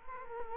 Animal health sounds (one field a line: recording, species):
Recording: mosquito wingbeat signal from an infrared sensor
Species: Culex quinquefasciatus